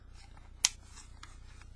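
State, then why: Seated. A plastic end cap is pushed onto the end of a paracord spool and snaps into place with a single sharp, loud click at 0.7 s over a faint low hum. The cap locks on, seated, and can only be removed by bending the small notches on either side of it.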